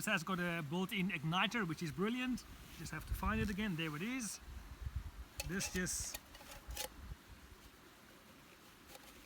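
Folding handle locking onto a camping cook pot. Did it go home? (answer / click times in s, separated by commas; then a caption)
no / none. While setting up a camping stove with a built-in igniter, someone talks while fitting the folding handle, wrapped in heat-protective material, onto a camping cook pot, with light handling noises in between. The clip ends just before the handle goes home, so nothing has clicked into place yet.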